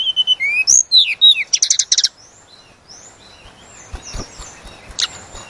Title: Pancingan Tledekan Gunung Agar Emosi Bongkar Isian